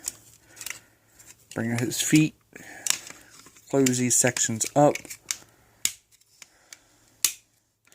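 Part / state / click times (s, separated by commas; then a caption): knee joint of a plastic transforming robot figure / seated / 5.9 s, 7.2 s. Someone talks while folding sections of a plastic transforming robot figure's legs into place, with light plastic handling clicks throughout. The figure's knee joints snap sharply into position at 5.9 s and 7.3 s, seating with crisp plastic clicks.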